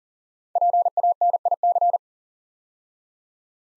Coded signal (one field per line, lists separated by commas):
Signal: Morse code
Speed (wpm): 42 wpm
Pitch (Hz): 700 Hz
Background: none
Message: PANIC